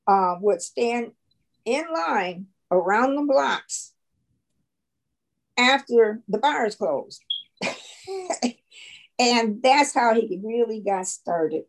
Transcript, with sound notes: would stand in line around the blocks after the bars closed. [LAUGHTER] That's how he really got started.